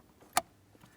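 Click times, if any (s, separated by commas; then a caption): 0.4 s. A wiring harness electrical connector is lined up and pressed onto the front HVAC blower motor terminal of a 2008-2016 Chrysler Town & Country. A single sharp click sounds at 0.4 s, and the connector is seated.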